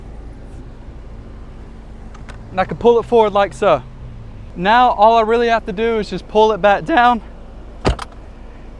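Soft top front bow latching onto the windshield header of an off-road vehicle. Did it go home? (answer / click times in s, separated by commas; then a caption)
yes / 7.9 s, 8.0 s. The folded soft top's front bow on a Jeep Wrangler is pulled forward and back down onto the windshield header while someone talks. Sharp clicks at 7.9 s and 8.0 s mark it clipping into place, seated on the windshield frame.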